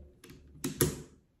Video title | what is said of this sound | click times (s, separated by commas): Pistol V1 Rubberband Tutorial | and now you just pull it back until you hear a click | 0.8 s